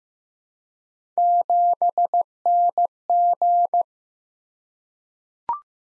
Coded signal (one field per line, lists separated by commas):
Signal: Morse code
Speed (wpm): 15 wpm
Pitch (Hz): 700 Hz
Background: none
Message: 7NG